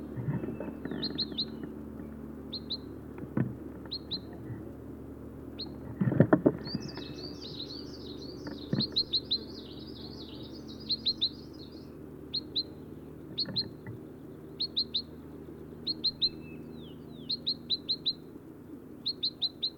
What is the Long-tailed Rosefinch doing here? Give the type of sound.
call